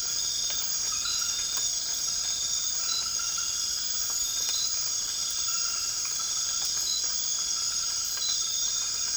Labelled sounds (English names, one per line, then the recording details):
none
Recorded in dense forest near Puerto Asís, Putumayo, Colombia, on 12 March 2025 at 03:00
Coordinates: 0.485, -76.318
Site G056